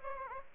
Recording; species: mosquito wingbeat signal from an infrared sensor; Aedes aegypti